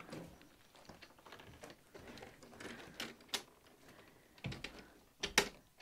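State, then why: Partly seated. A newly built door on an off-grid desert home is swung shut, with soft rustling and a few light knocks at about 3.0, 4.5, 4.6 and 5.2 seconds. The loudest hit comes at 5.4 seconds, when the door latch meets the strike in the door frame. The door closes but the latch does not catch tight.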